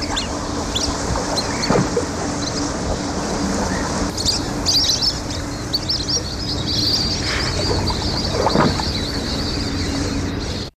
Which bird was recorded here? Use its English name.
Lesser Whistling Duck